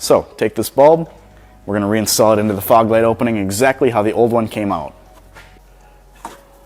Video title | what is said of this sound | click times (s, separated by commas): 2014-2017 Jeep Cherokee LED Fog Light Install | in and like so perfect fit you've probably heard it click in on the camera | 6.2 s